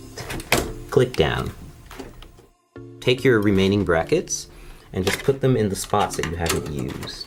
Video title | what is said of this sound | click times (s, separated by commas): The Verge “how to build a $2000 custom gaming pc” | just gonna pick the top one because the SSD is at the bottom and I don't want to cover it I just think it looks nice click | 0.5 s